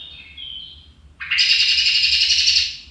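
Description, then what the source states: Common Blackbird alarm call: a soft thin whistle, then a loud harsh rattling chatter lasting about a second and a half. Ground-danger alarm call, louder than the song, warning of a threat on the ground such as a cat or dog; in winter also drives other blackbirds from roosts in dense evergreens; often heard.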